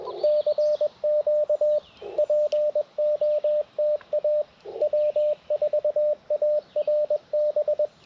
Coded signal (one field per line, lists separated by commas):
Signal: Morse code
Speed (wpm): 20 wpm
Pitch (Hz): 600 Hz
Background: radio noise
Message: CQ POTA W4ARB